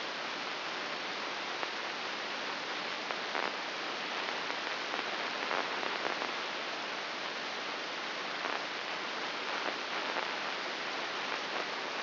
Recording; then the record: brain microelectrode recording played as sound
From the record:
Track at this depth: inside the subthalamic nucleus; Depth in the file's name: 5.801 mm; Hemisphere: right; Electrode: 2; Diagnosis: Parkinson's disease